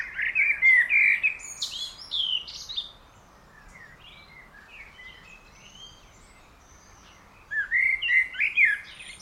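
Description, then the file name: Common blackbird song: a fluted warbled phrase with high twittery flourishes, a long quiet gap with faint chirps, then another rich phrase. "Turdus merula"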